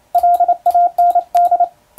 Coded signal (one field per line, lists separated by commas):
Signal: Morse code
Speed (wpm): 28 wpm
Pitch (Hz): 700 Hz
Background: none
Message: LAND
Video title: モールスを聞こう！昔はよく聞いた懐かしい音だねぇ！エレキーで打つ欧文モールス符号！機械を使うと早くモールス信号を送れます！YouTubeの速度を調整して聴こう morse code practice